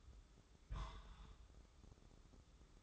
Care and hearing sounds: daily activity, microphone in the room; place on stove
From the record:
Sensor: 3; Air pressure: 995.4 hPa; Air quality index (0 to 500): 86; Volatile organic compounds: 8 ppm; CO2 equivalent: 2082 ppm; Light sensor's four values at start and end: 22/71/29/24 and 22/71/29/24

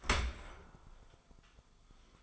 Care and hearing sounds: daily activity, microphone in the room; open dishwasher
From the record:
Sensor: 5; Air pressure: 1004.7 hPa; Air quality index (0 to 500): 93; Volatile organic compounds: 2 ppm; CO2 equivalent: 1127 ppm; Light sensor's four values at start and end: 32/73/30/29 and 32/75/30/30

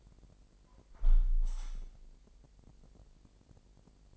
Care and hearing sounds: daily activity, microphone in the room; close window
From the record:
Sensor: 5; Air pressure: 1000.4 hPa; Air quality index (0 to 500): 248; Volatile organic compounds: 35 ppm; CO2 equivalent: 3059 ppm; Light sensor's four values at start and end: 34/78/31/29 and 33/77/31/29

